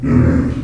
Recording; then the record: squeal of a Yucatan mini pig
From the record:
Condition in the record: after surgery on the right vocal fold (resection and tissue-engineered implant); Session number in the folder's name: 11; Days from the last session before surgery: 98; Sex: female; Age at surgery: 19 weeks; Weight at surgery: 25 kg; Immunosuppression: prednisolone